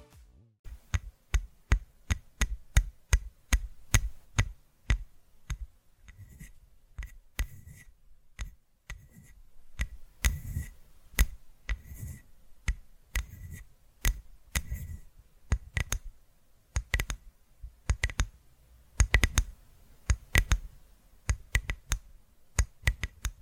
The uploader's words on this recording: ASMR Tapping Through Your Brain Invisible + Triggers (No Talking).